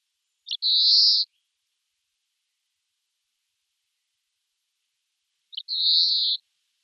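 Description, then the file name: European greenfinch giving two drawn-out nasal wheezes, each introduced by a short clipped note, spaced about five seconds apart against a silent background. "Chloris chloris"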